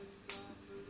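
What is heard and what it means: A polymer belt clip on a kydex sheath is clipped under a belt and snaps in place with one sharp, bright click at 0.3 s over a faint steady hum. The clip is seated securely on the belt.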